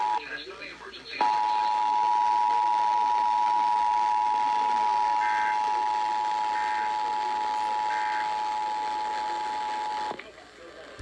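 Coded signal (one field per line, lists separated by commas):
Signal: Emergency Alert System (SAME) tones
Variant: 853 and 960 Hz attention tone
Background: speech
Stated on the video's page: DC Required Monthly Test received on multiple radio and TV stations and HD subchannels; one station mocked Tennessee.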